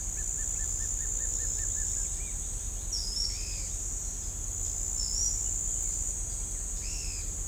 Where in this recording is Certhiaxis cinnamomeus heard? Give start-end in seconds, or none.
none